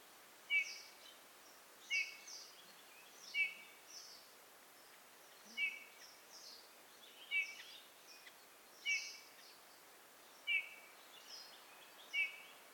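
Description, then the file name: Eurasian bullfinch giving soft, short piping whistles at fairly regular intervals. "Pyrrhula pyrrhula"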